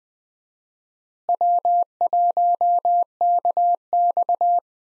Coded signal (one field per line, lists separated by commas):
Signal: Morse code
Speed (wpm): 20 wpm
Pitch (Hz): 700 Hz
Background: none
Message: W1KX